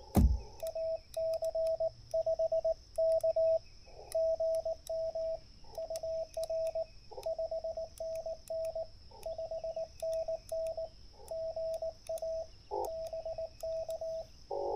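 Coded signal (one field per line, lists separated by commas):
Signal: Morse code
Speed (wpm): 19 wpm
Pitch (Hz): 650 Hz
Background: radio noise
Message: AC5K GM UR 5NN 5NN GA BK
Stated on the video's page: Parks on the Air CW activation, using a portable vertical antenna for 40m to 6m with a tuner.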